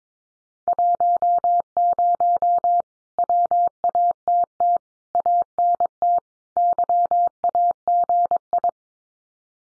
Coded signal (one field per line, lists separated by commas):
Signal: Morse code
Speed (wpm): 22 wpm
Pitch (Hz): 700 Hz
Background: none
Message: 10 WATT ANT YAGI